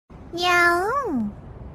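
Cat giving a single drawn-out meow that holds steady, rises briefly, then slides down and fades, lasting about one second.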